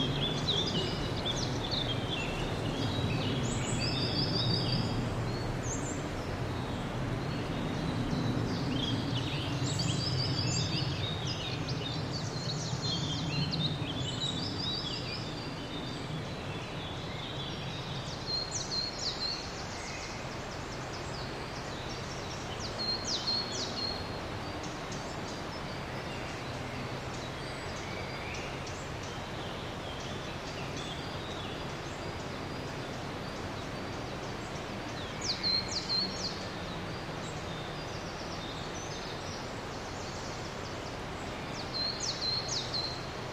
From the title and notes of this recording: Relaxing ambient sound recording, Entspannende Naturklänge. Soundwalk. Rain hath swept through the northern Black Forest for the last few days. After every rain comes a dry day and so I went back into the forest to capture a nice soundscape.